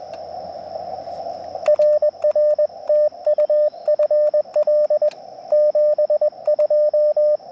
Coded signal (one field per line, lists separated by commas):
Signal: Morse code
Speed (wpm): 21 wpm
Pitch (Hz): 600 Hz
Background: radio noise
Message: RR TU FL 72